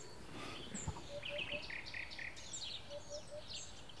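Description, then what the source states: Eurasian Hoopoe singing soft low hoots in a three-note phrase, given twice, among chirping songbirds in the background. Male calling three-syllable phrases in the field, Seewinkel.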